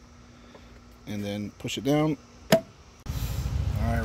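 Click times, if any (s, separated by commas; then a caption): 2.5 s. The plastic power steering fluid reservoir on a 2007–2013 Nissan Altima 2.5 liter is lined up with the slots at the back of its mounting bracket and pushed down. Someone talks, then a single sharp click at 2.5 s shows the reservoir seated in its bracket, followed by more talk over louder background noise.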